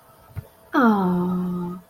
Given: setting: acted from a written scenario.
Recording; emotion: vocal sound without words; adoration